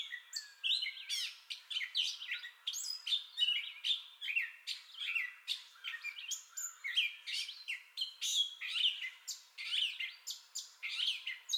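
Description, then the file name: Gray catbird delivering a steady stream of mixed chattering, mewing and squeaky notes, phrases changing constantly across the whole stretch. Entire song bout, 30 May 2021. "2021-05-30 Gray Catbird Entire Song Bout"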